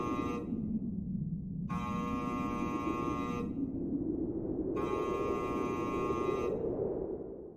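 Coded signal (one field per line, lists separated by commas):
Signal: channel marker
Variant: UVB-76 (The Buzzer)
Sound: harsh repeating buzz, about 1.8 seconds each, three buzzes with short gaps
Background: radio static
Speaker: Listen, can you hear it? This is not a sound effect. This is the sound of one of the greatest unsolved mysteries of the Cold War.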